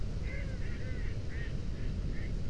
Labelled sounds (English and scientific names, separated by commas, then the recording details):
Mallard (Anas platyrhynchos)
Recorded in Germany
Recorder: ecoPi